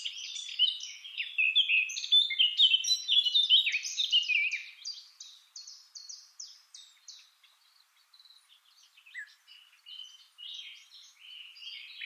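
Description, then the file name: Eurasian blackcap song: a loud, tumbling fluty warble opens, then gives way to a long series of softer, scratchy repeated notes and brief chirps. "Sylvia atricapilla"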